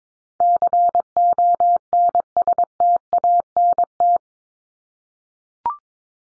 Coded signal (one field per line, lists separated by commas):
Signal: Morse code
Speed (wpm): 22 wpm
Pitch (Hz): 700 Hz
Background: none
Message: CONSTANT